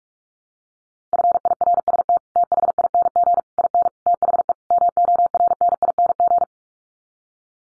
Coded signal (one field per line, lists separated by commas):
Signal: Morse code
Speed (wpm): 44 wpm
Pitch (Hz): 700 Hz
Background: none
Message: FIRST THING IN THE MORNING